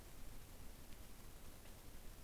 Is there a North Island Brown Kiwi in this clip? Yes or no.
no